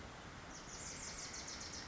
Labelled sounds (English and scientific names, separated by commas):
Bewick's Wren (Thryomanes bewickii)